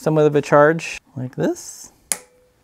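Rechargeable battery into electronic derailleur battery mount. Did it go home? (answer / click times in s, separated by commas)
yes / 2.1 s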